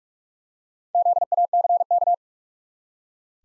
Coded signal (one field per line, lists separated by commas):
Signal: Morse code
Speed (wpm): 47 wpm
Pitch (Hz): 700 Hz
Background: none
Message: ZACK